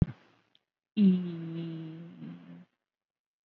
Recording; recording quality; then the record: sustained vowel as in beet; excellent, no background noise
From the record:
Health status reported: COVID-19 positive, mild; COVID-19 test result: positive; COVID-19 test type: RT-PCR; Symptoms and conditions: hypertension, diabetes, another condition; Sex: female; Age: 44 years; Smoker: no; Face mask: worn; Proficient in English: yes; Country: India